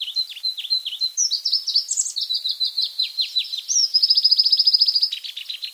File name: cikrak pallas omkicau